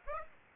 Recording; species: mosquito wingbeat signal from an infrared sensor; Aedes aegypti